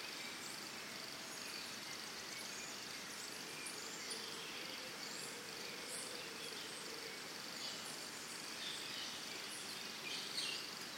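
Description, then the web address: Crickets trilling continuously in a high, even buzz, with scattered faint bird notes. Early morning in Costa Rica, with birds calling alongside the crickets. "Big Room Sound Birds Crickets Costa Rica Early Morning"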